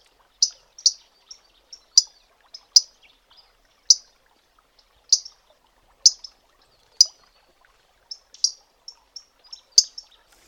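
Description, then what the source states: Pallas's grasshopper warbler giving sharp, metallic ticking calls, singly and in quick pairs, at irregular intervals, on a quiet background. First of two call types, described as hard, metallic and very penetrating.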